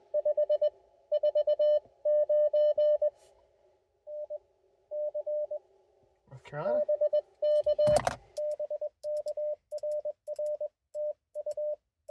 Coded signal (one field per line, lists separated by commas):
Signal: Morse code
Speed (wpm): 21 wpm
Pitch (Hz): 590 Hz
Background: speech, radio noise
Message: 5 49N C BK BK RR TU